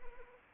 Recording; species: mosquito wingbeat signal from an infrared sensor; Anopheles arabiensis